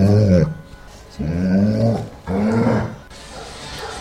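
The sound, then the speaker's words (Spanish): A dog growls in three drawn-out, throaty bursts that waver up and down in pitch, separated by short pauses, loud and with no one talking over it. “FM Los Molinos, la radio que escucha a mi perro”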